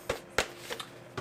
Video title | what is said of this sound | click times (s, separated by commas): Unit 1 Helmet Extended Review | really have to apply some pressure to kind of pop it in but you'll get a nice audible click when you do and | 0.4 s